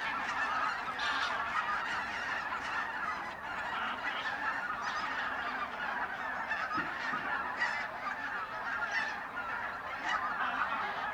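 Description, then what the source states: Goose: geese in full chorus, many overlapping honks forming a steady roar. Geese at the re-naturalised Polder Glies, Sellstedt, Germany, 9 November 2020; binaural ORTF pair of t.bone SC 140 microphones with Rycote windjammer, TASCAM DR100 MK3.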